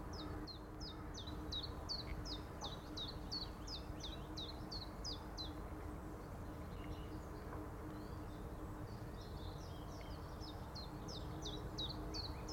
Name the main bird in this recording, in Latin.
Phylloscopus collybita